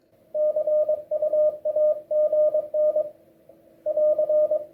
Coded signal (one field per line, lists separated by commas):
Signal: Morse code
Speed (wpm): 22 wpm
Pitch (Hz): 610 Hz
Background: radio noise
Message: CU AGN <AR>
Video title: QRPVer Minion SDR First Impressions.